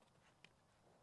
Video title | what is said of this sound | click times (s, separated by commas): SAVE Your EXPENSIVE Ultralight Chair From Its FATAL FLAW! - Chair Buddies | and it snaps into place just like that and then this will sit on the ground just like that | 0.4 s